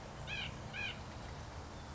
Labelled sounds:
White-breasted Nuthatch
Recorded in Sonoma County, California

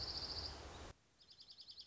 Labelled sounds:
Dark-eyed Junco
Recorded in Sonoma County, California

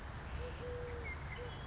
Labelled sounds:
Eurasian Collared Dove
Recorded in Sonoma County, California

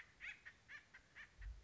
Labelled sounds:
Acorn Woodpecker
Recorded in Sonoma County, California

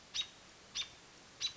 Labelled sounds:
American Robin
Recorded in Sonoma County, California

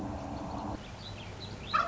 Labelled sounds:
Song Sparrow
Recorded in Sonoma County, California

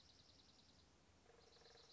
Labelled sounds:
Dark-eyed Junco
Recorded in Sonoma County, California

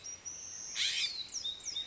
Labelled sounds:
California Scrub-Jay
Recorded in Sonoma County, California

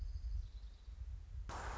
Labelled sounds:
Orange-crowned Warbler
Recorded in Sonoma County, California

